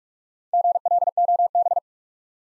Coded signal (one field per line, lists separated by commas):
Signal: Morse code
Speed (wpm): 48 wpm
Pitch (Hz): 700 Hz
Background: none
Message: GLOB